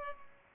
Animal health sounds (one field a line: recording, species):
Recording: mosquito wingbeat signal from an infrared sensor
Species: Culex pipiens